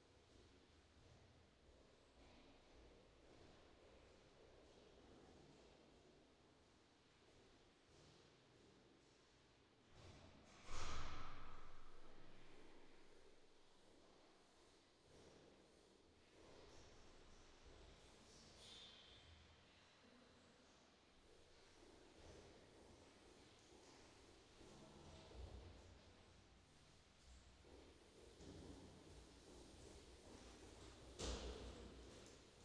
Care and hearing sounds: everyday scene through a hearing-aid microphone; reverberant space; background noise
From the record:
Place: staircase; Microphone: in the ear canal, left

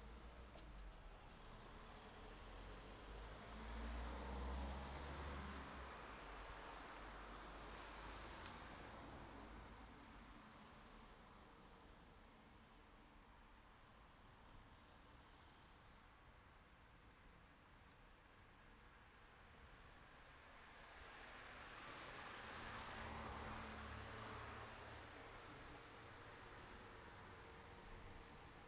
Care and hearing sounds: everyday scene through a hearing-aid microphone; in traffic; traffic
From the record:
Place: city secondary road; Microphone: in the ear canal, right

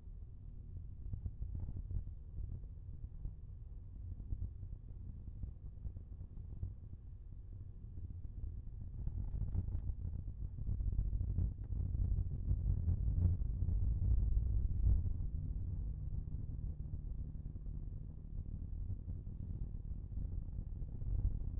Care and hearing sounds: everyday scene through a hearing-aid microphone; in a vehicle; engine, rumble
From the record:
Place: Skoda Fabia, gasoline engine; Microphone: behind the ear, left, front

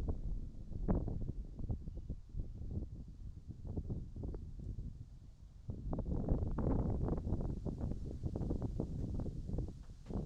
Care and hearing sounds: everyday scene through a hearing-aid microphone; wind on the microphone; wind, birds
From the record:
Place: in front of a rural house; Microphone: in the ear canal, right

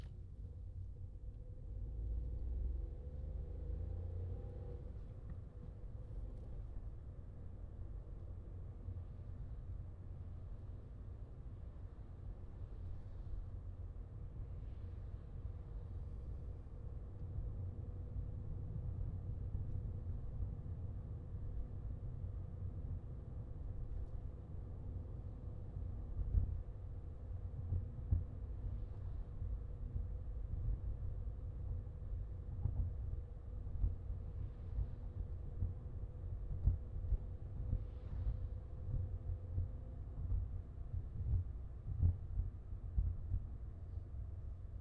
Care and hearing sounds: everyday scene through a hearing-aid microphone; in a vehicle; engine, highway driving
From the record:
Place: Skoda Fabia, gasoline engine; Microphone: in the ear canal, left

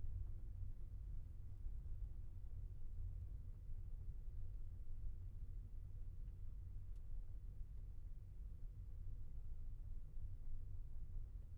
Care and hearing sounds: everyday scene through a hearing-aid microphone; in a vehicle; engine, rumble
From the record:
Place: Skoda Fabia, gasoline engine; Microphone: behind the ear, left, front

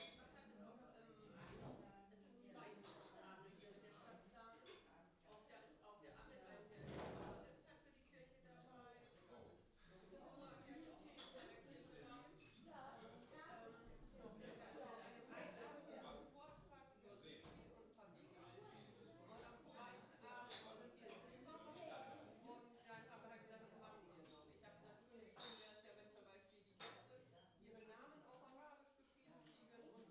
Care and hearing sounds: everyday scene through a hearing-aid microphone; many people talking; many voices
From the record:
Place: parish hall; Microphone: in the ear canal, left

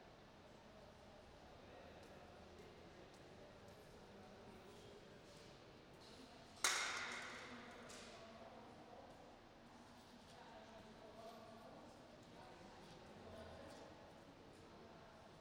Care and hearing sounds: everyday scene through a hearing-aid microphone; reverberant space; background noise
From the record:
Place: railway station hall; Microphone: in the ear canal, right

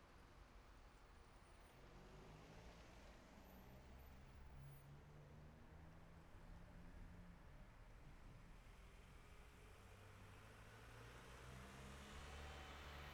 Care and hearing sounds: everyday scene through a hearing-aid microphone; in traffic; traffic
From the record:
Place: city secondary road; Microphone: behind the ear, right, front

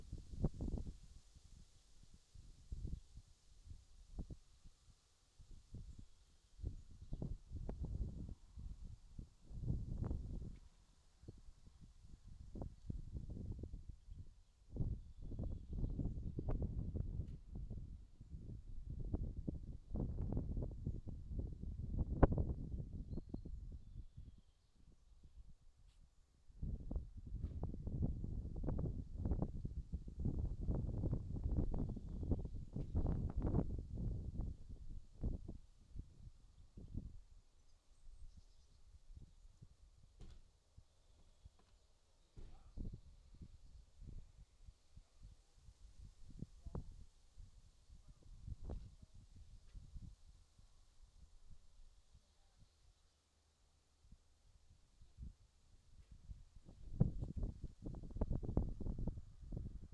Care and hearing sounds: everyday scene through a hearing-aid microphone; wind on the microphone; wind, other noises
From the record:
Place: in front of a rural house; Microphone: in the ear canal, left

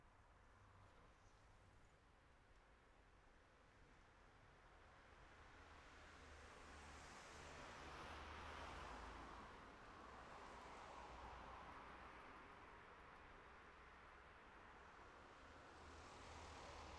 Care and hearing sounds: everyday scene through a hearing-aid microphone; in traffic; traffic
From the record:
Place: city secondary road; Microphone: behind the ear, right, front

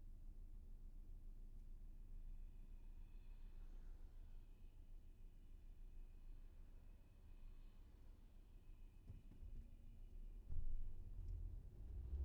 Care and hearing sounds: everyday scene through a hearing-aid microphone; in a vehicle; engine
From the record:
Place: VW T5 Caravelle, diesel engine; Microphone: behind the ear, left, rear

